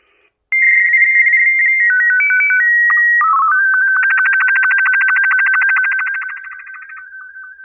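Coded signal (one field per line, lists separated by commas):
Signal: SSTV (slow-scan television)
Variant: Martin 1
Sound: quick stepping warbly tones, a low blip, then a buzzing rhythmic scanning warble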